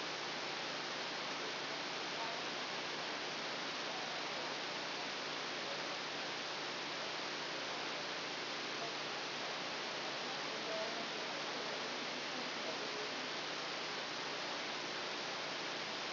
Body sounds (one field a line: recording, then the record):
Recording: brain microelectrode recording played as sound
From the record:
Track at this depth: outside the subthalamic nucleus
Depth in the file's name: -0.284 mm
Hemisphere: left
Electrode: 2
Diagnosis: Parkinson's disease